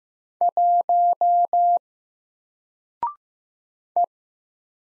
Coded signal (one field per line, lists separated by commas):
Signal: Morse code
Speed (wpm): 15 wpm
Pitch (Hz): 700 Hz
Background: none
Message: 1 E